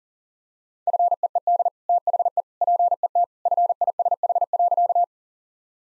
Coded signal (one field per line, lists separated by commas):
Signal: Morse code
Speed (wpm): 40 wpm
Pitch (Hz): 700 Hz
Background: none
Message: FEED THE PET FISH.